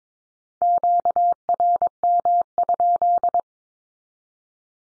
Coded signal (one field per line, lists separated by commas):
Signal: Morse code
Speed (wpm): 22 wpm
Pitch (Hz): 700 Hz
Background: none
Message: QRM?